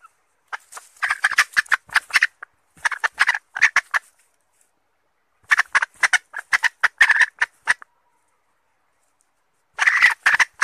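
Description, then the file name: Red junglefowl hen making rapid clattering clucks in three separate bouts, each bout a quick stuttering run of short harsh notes. Female red junglefowl (hen) calling to find a mate. "tieng ga rung mai keu tim kiem ban tinh"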